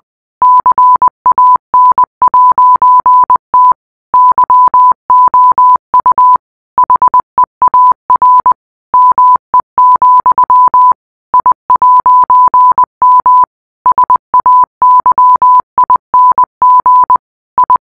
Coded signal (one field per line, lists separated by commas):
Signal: Morse code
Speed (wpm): 20 wpm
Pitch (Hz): 1000 Hz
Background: none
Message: CAN'T YOU HEAR ME, I'M SAYING I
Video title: rickroll secret ending in morse code